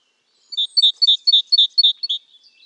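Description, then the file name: Great tit calling: a quick series of about seven clear, high two-part notes, evenly spaced over under two seconds, then quiet. "Parus major"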